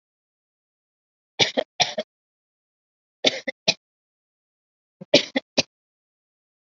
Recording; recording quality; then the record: shallow voluntary cough; excellent, no background noise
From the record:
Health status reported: COVID-19 positive, mild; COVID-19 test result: positive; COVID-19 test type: RT-PCR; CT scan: not taken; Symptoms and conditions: fatigue, diabetes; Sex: female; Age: 49 years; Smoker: no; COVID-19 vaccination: both doses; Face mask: worn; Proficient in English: no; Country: India